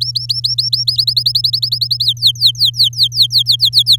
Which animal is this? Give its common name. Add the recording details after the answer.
Domestic Canary. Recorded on 10 May 2018 at 06:09. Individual llb16